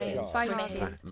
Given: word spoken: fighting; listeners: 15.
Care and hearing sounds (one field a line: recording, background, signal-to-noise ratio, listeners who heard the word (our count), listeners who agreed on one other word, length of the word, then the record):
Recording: one English word in noise, from a listening test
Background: four-talker babble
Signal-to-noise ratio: -0.3 dB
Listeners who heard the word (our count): 1 of 15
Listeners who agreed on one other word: 6 of 15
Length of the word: 0.71 s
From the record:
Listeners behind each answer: 6, 3, 1, 1, 1, 1, 1, 1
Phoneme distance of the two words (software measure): 34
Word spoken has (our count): 2 syllables, 5 phonemes, stress on syllable 1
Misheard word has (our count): 3 syllables, 7 phonemes, stress on syllable 2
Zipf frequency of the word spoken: 4.87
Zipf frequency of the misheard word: 4.50